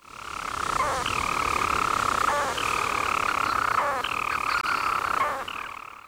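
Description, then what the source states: Storm petrel song, a loud continuous rapid churring purr broken every one to two seconds by a short hiccup-like note. Seabird weighing 29 grams, wingspan up to 39 cm, returning nightly to its nest on cliff edges or in cavities, found by smell; song.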